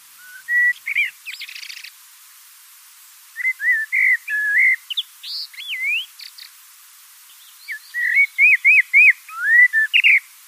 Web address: Oiseaux oiseau Merle